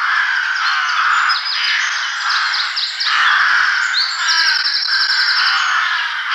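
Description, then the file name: Rook calls: a dense chorus of harsh, overlapping caws that keeps going throughout, with higher buzzy, grating notes layered on top. "Gawron"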